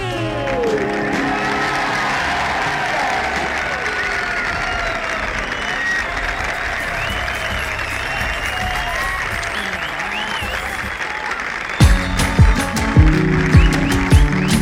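A crowd claps steadily and loudly for about twelve seconds, with scattered cheers and whoops rising through the applause, before a man's voice starts talking over its fading end.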